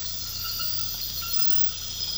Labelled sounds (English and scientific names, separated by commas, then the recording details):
none
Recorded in pastures near Puerto Asís, Putumayo, Colombia, on 8 March 2025 at 01:00
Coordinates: 0.472, -76.329
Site G074